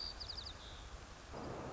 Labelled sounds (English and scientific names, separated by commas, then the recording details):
White-crowned Sparrow (Zonotrichia leucophrys)
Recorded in Sonoma County, California